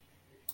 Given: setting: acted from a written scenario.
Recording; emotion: vocal sound without words; relief